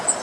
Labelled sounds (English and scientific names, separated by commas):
Cape May Warbler (Setophaga tigrina) flight call